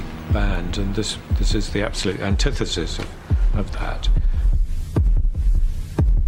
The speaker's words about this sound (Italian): Non si trattava del battito di un cuore reale, ma di un ritmo ottenuto suonando la batteria in modo molto leggero.